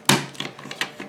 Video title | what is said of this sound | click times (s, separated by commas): MMPR Ninja Megazord Review | it take little front flippers and bring them down I then bring the frog section down to here click and | 0.1 s